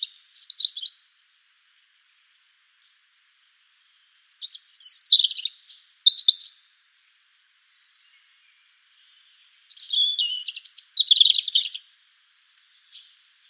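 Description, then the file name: European robin delivers three bursts of high, tinkling, warbled song separated by pauses of a few seconds, ending with one brief note. "Erithacus rubecula"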